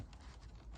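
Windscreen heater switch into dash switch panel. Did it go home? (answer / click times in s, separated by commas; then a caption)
no / none. A plastic front windscreen heater rocker switch on a Mitsubishi Delica is handled and pressed toward its opening in the dash switch panel. The 0.9-second clip is a low, steady patter of rustling and scraping with no sharp snap. Nothing has seated or clicked yet.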